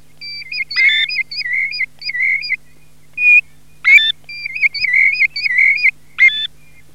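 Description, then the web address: European golden plover giving repeated wavering whistles in short bursts, broken by a few abrupt sharper notes, with quiet gaps between phrases. "PIVIERE DORATO"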